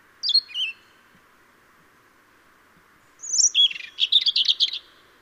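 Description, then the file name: European robin song: a brief high warbled phrase, a pause of about two and a half seconds, then a longer tinkling, trilled phrase, over a steady soft background hiss. "Erithacus rubecula"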